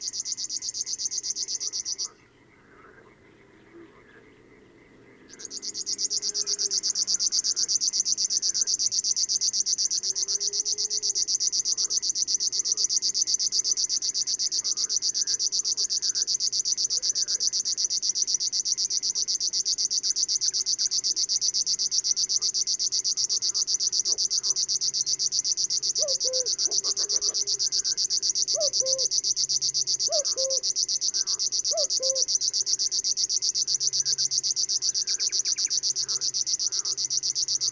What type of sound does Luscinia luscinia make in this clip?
song